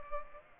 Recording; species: mosquito wingbeat signal from an infrared sensor; Culex pipiens